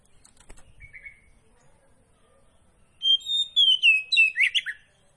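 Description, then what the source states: Oriental magpie-robin song, a faint short note, then quiet, then a bright phrase of whistled notes gliding downward and ending in a buzzy flourish. Singing vigorously (gacor); kacer poci type.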